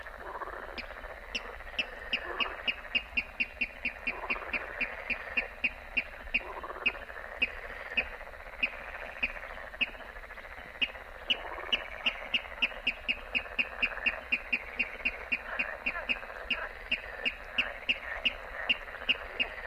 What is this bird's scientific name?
Rallus aquaticus